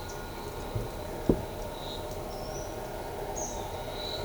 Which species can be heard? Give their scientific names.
Tolmomyias flaviventris, Crotophaga sulcirostris